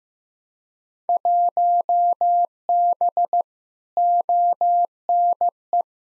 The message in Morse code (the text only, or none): 1B ONE